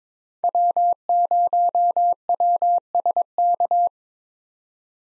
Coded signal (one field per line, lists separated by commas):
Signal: Morse code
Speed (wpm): 22 wpm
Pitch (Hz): 700 Hz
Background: none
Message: W0WSK